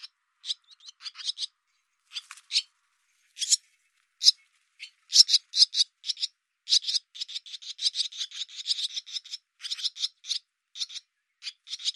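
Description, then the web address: Barn swallow, scattered harsh chirps at first, then building into a busier, near-continuous series of buzzy notes in the second half. "Deverinetal Bird Hi Ru"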